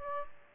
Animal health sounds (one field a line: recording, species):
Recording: mosquito wingbeat signal from an infrared sensor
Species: Aedes aegypti